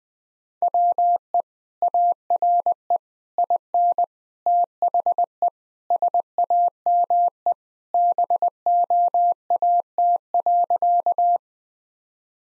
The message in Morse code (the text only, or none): WE ARE IN THE SAME BOAT.